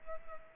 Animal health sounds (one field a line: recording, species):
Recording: mosquito wingbeat signal from an infrared sensor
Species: Culex pipiens